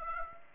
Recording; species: mosquito wingbeat signal from an infrared sensor; Aedes aegypti